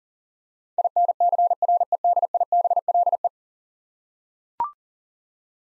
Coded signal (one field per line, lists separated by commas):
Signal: Morse code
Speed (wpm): 37 wpm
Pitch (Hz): 700 Hz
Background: none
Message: INCREDIBLE